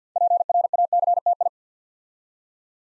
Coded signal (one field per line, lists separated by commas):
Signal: Morse code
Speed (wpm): 50 wpm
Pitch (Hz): 700 Hz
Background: none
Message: PRACTI